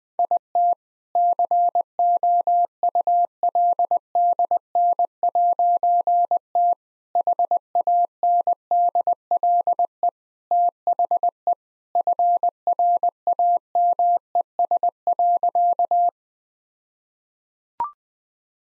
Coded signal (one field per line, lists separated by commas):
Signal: Morse code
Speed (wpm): 20 wpm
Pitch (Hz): 700 Hz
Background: none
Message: IT COULDN'T HANDLE THE FRAMES.